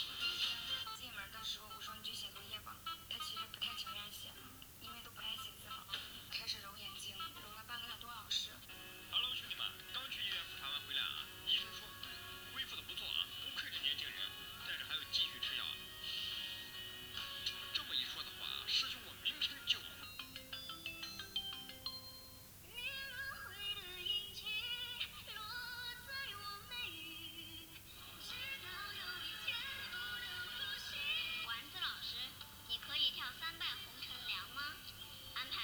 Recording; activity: daily activity, guitar pickup as the sensor; browse video